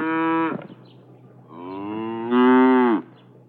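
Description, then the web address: Cow mooing: a short steady moo, then after a pause a longer moo that swells louder and ends abruptly. Two cows mooing. "SFXSource AOS Cows Two Mooing"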